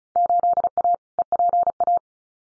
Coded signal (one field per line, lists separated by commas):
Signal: Morse code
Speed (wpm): 34 wpm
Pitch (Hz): 700 Hz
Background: none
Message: 8A EPA